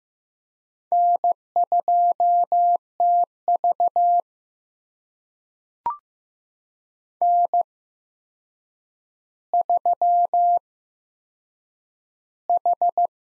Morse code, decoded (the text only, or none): N2TV N3H